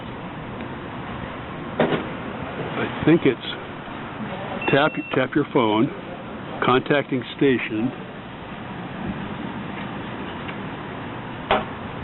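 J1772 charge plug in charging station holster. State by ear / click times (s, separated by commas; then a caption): released / 11.5 s. Someone talks while a charging session is started from a phone at a public charging station. A sharp click at 11.5 s is the station releasing its J1772 charge plug from the holster, so the plug is unlocked and taken off.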